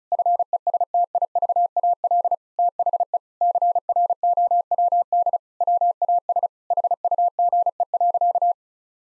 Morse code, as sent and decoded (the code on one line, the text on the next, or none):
..-. . ... - .. ...- .- .-.. / - .... . / -.-. .-. --- .-- -.. / .-- .- ... / .... ..- --. . .-.-.-
FESTIVAL THE CROWD WAS HUGE.